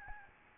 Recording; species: mosquito wingbeat signal from an infrared sensor; Aedes albopictus